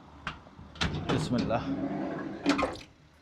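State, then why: Seated. In the cabin of a zero-meter December 2024 Suzuki Bolan small van, a latch on the rear door or seat is worked while someone talks briefly. Two close metal clicks sound at 2.5 and 2.6 seconds, and the latch locks into place.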